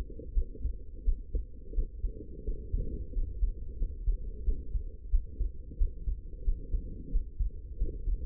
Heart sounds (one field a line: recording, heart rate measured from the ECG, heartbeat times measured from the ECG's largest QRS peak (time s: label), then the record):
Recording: heart sounds by stethoscope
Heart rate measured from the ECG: 89 bpm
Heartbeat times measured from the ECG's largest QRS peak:
0.33 s: heartbeat
1.04 s: heartbeat
1.74 s: heartbeat
2.44 s: heartbeat
3.13 s: heartbeat
3.77 s: heartbeat
4.44 s: heartbeat
5.10 s: heartbeat
5.77 s: heartbeat
6.43 s: heartbeat
7.10 s: heartbeat
7.77 s: heartbeat
From the record:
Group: healthy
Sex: female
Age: 19 years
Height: 163 cm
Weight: 51 kg